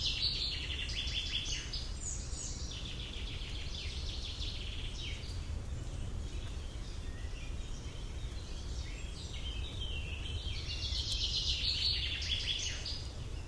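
Bird song: quick high chirping trills in repeated bursts, over steady low background noise.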